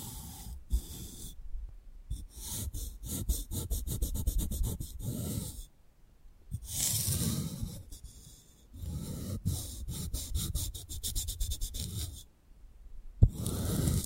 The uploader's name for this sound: 3D panoramic ear picking with various props